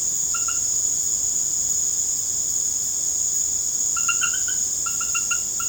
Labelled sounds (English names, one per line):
none